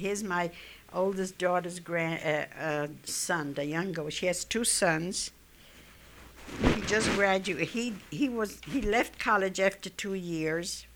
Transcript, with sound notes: Here's my oldest daughter's grand, son. The younger, she has two sons. (she jostles her mic) He just gradu-, he, he left college after two years,